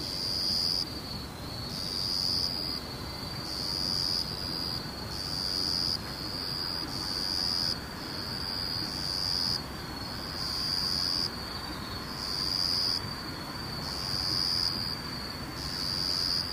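Insects chirr in steady, high pulsing bursts about every second, repeating evenly over a constant low rumbling hiss throughout.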